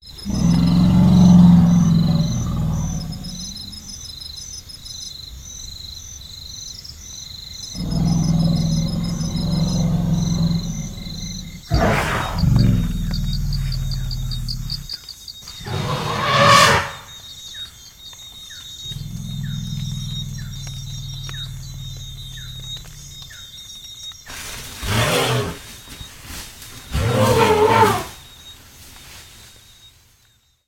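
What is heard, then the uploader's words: Forest elephants feed at night, giving deep, drawn-out rumbles that come and go in bursts of a few seconds, with sharper, brighter calls near 12, 16, 25 and 28 seconds. A steady chorus of crickets and insects rings high in the background throughout. Forest Elephants At Mango Grove. Elephants are quite vocal when they gather at the mango grove to feed at night.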